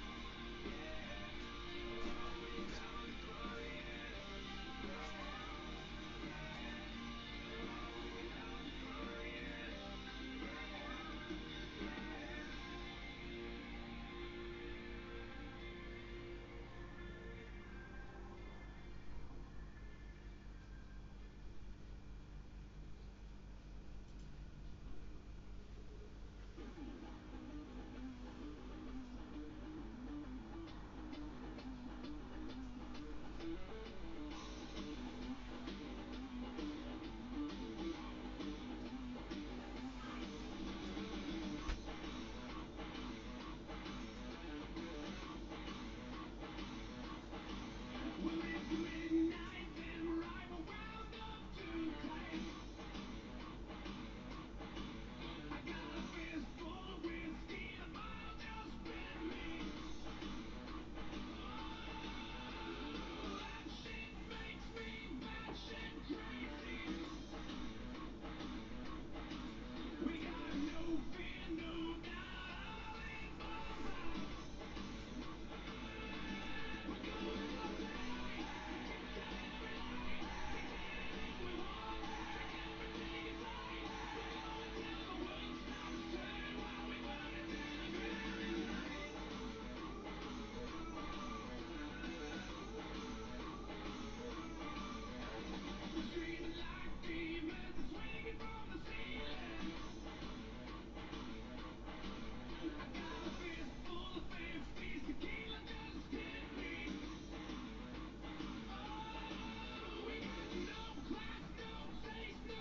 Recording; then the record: background sound without coughing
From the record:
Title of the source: BackgroundMusic